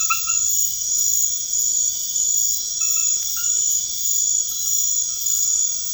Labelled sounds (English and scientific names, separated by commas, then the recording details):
none
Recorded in pastures near Puerto Asís, Putumayo, Colombia, on 21 March 2025 at 23:30
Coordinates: 0.502, -76.324
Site GP07